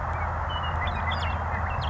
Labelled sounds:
Western Meadowlark
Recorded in Sonoma County, California

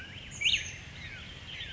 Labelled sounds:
Chestnut-backed Chickadee
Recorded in Sonoma County, California

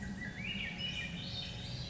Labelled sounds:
Swainson's Thrush
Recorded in Sonoma County, California

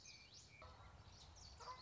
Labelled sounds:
Common Yellowthroat
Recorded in Sonoma County, California

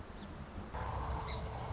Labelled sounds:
Song Sparrow
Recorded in Sonoma County, California

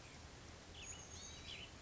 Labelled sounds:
Chestnut-backed Chickadee
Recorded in Sonoma County, California

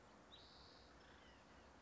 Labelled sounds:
White-breasted Nuthatch
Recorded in Sonoma County, California

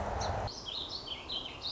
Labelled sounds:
Song Sparrow
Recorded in Sonoma County, California

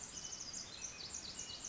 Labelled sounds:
Pacific Wren
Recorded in Sonoma County, California

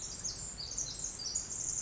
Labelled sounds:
Pacific Wren
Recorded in Sonoma County, California

